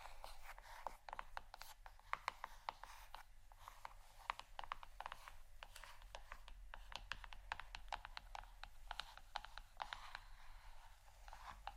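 Plastic bottles tapped and scratched in quick, uneven clicks and rasps throughout, bright and crackly, over a low steady hum.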